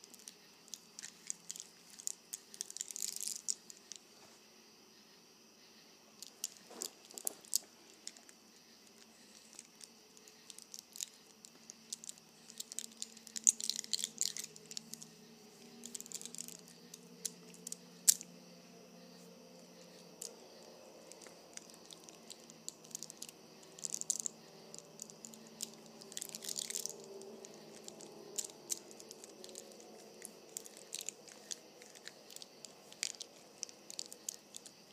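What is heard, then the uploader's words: A bracelet being handled, with irregular bursts of bright clicking and jingling scattered throughout over a faint, low murmur that swells midway. Playing with my Bracelet.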